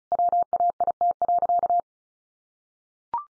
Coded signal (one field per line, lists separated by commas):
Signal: Morse code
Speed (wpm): 34 wpm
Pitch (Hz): 700 Hz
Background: none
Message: WAIT.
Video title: Easy Phrases 35wpm